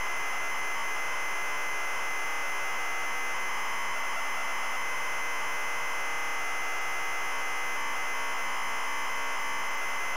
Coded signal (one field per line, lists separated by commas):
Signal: ZX Spectrum tape loading